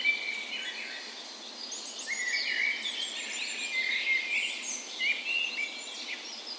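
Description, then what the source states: Dawn chorus of birds, steady layered chirping and thin whistled phrases from multiple songbirds without pause. Spring dawn chorus in a park west in Bergen, Norway, morning of 17 May, National Day; recorded with Sony PCM A10 and LOM Usi microphones as tree ears.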